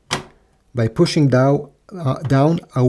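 A black ink cartridge in an HP DeskJet 2827e printer carriage is pushed down on its top to unlatch it for removal, giving a single sharp click at 0.1 s as it releases. Someone talks through the rest of the clip.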